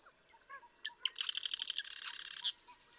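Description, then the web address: Marsh Wren song: a few soft introductory notes, then a quick run of sharp repeated notes blending into a dense buzzing rattle lasting under two seconds. "birdsongforthecurious Marsh Wren"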